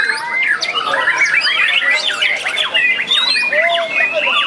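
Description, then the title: White-rumped shama singing a fast, busy medley of sweeping whistles and scratchy chatter, ending in a few longer clear whistled notes. "murai batu"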